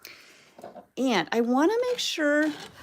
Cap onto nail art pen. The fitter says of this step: make sure you get those caps on nice and tight here that little click in there